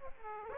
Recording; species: mosquito wingbeat signal from an infrared sensor; Aedes aegypti